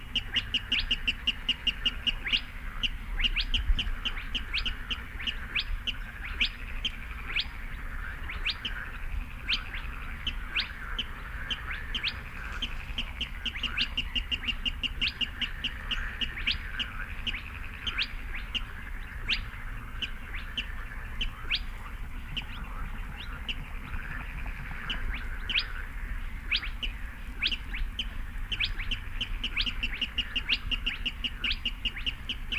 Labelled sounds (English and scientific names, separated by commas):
Spotted Crake (Porzana porzana)